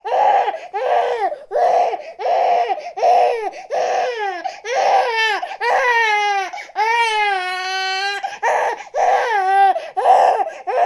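About ten rhythmic cry bursts, each roughly half a second to a second long, plus a few longer wavering wails. The pitch is high and the tone strong and clear, in a small room. This is the ordinary cry of a newborn baby.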